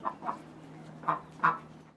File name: DUCK PEKING QUACK